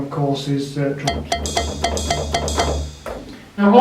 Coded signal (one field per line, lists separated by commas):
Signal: none